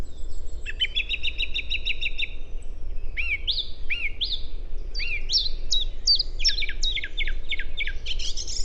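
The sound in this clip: Song thrush song: a rapid run of repeated clicky notes, then rising whistles given three times, then sharp falling notes repeated several times, with a steady low background rumble.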